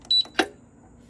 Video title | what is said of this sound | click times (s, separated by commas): Mom got us a busted gun case…so dad gets to play…grin October 6, 2024 | and you just heard it go green and you heard it Go click | 0.4 s